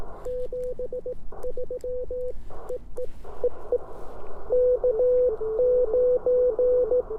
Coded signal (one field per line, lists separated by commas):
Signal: Morse code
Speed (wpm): 18 wpm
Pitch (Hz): 500 Hz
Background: none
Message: 73 EE EE K9